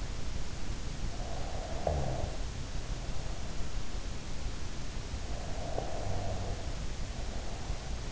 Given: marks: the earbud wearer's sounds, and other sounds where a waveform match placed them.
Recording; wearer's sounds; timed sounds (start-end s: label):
sounds in sleep by an in-ear microphone; breath
0.91-3.84 s: breath
5.14-8.12 s: breath